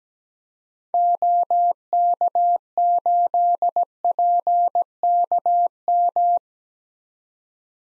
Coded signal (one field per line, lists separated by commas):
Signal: Morse code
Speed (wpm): 17 wpm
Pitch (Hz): 700 Hz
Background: none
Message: OK8PKM